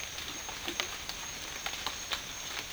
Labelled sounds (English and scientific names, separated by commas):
none